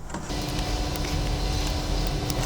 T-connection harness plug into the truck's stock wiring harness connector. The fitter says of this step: right and once it snaps into place as you can tell our T connection is now installed